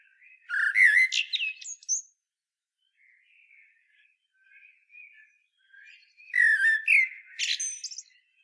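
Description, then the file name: Common blackbird singing two mellow fluted phrases about six seconds apart, each closing with a thin high squeak, with soft warbles between. "Turdus merula"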